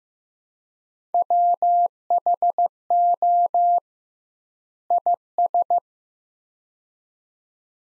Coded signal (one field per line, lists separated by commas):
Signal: Morse code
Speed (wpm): 15 wpm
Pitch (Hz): 700 Hz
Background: none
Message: WHO IS